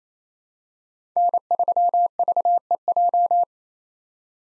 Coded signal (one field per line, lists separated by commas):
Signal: Morse code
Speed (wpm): 28 wpm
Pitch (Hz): 700 Hz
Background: none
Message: N3VEJ